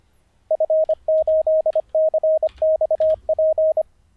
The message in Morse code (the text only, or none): F8CXP